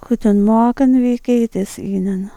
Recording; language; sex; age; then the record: spoken sentence; German; female; 60 to 69 years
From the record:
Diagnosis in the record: presbyphonia, hyperfunctional dysphonia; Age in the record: 69 years